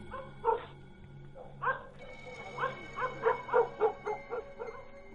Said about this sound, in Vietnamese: Ở cuối ấp, chẳng hiểu vì sao, bầy chó cắn ma cứ sủa lên ông ổng. Thỉnh thoảng có những con còn rú lên nghe đến giận cả người.